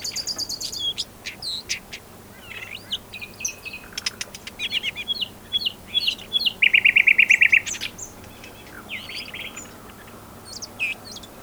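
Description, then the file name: Common nightingale song: varied clicks, whistles and chatters, with a rapid, even trill of repeated notes in the middle, then sparse notes. "Luscinia megarhynchos"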